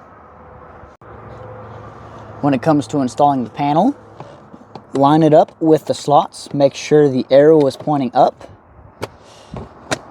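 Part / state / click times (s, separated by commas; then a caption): plastic filter access panel into the dash housing behind the glove box / seated / 9.9 s. Someone talks while a plastic cabin air filter access panel on a 2008–2013 Toyota Highlander is lined up with its slots, arrow pointing up, and pushed into the dash housing behind the glove box. A few faint taps come near the end, then a sharp click at 9.9 s as the panel seats in place.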